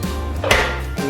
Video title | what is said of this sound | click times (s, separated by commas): BAKING TRADITIONAL BRITISH CHRISTMAS CAKE WITH MY 5 YEAR OLD SON/ WHAT'S FOR DINNER, MUM? | has to click into place there we | 0.5 s